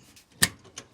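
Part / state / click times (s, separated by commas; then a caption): front door latch on a camp kitchen box / seated / 0.4 s. The front door of a camp kitchen box is closed, and its strong latch catches with a sharp, loud click at 0.4 seconds, locking in tight. A fainter, shorter tick follows at about 0.8 seconds, with quiet background before and between.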